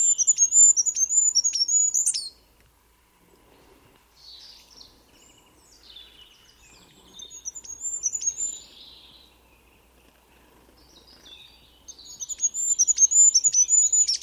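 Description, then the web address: Bird giving loud bursts of very high, rapid chirps at the start and end, with softer scattered twittering in between. "Bird Only"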